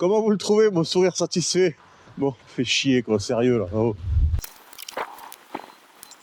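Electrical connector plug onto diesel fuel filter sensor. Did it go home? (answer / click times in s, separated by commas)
yes / 4.9 s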